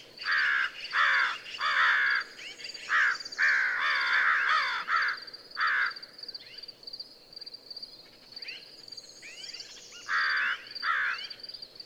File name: American Crow